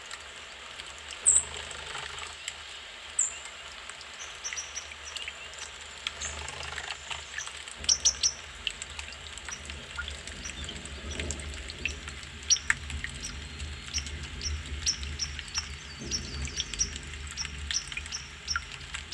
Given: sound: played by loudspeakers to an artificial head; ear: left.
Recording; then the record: nature sounds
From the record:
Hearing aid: class 2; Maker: E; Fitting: closed earmoulds, the maker's default for a moderate loss (N3)